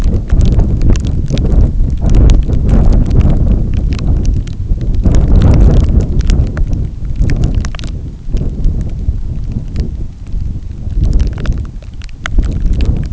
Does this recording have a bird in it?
no